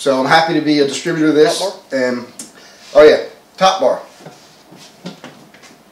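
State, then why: Seated. Someone talks as the plastic top bar of an aquarium divider is pressed onto the divider panel at the tank rim. Two short snaps follow at about 5.1 and 5.2 seconds, and the top bar is seated in place.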